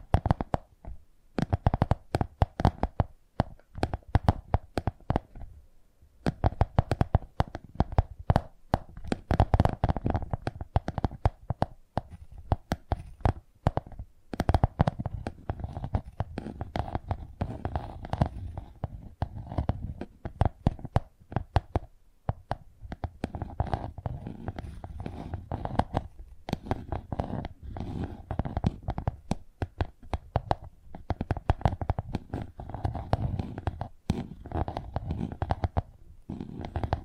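Tingly tapping sounds, a rapid, uneven stream of sharp taps and knocks that runs for the whole stretch with only brief pauses, near 6 and 22 seconds. The hits carry a dull, low thump under a crisp click, varying in loudness from tap to tap.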